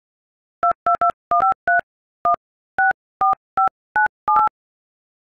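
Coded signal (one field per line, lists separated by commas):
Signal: DTMF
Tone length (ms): 120 ms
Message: 2221531645978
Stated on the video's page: Keypad tones played as the Mario Kart theme song.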